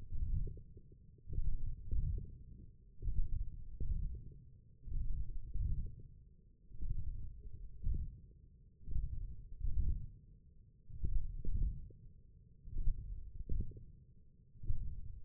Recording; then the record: forearm muscle sounds (acoustic myography)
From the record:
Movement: wrist extension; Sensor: system 1, eight BSWA MPA416 microphones around the upper forearm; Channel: 4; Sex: male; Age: 20 years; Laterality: left